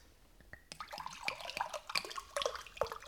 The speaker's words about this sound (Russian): Налейте воду из графина.